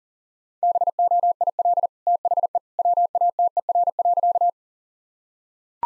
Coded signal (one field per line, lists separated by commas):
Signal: Morse code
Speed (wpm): 37 wpm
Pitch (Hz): 700 Hz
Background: none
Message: BOIL THE WATER.